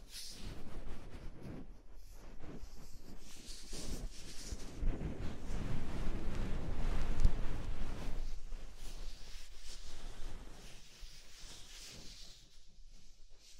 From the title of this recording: Deep Ear Tingles Soft & Fluffy Triggers